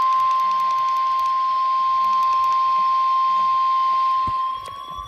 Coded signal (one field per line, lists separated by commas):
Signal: Emergency Alert System (SAME) tones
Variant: 1050 Hz attention tone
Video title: EAS 14 severe thunderstorm warning